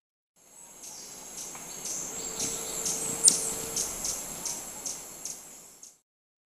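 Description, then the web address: White-tipped sicklebill giving sharp, very high chip notes repeated about every half second over a steady high insect drone, with a faint low hum in the middle. Recorded in Ecuador. "Birds of Ecuador. White-tipped Sicklebill"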